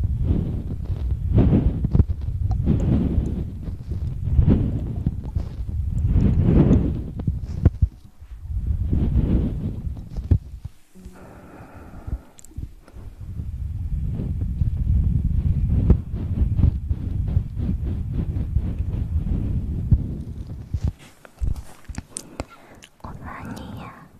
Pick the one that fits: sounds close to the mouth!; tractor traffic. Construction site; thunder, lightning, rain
sounds close to the mouth!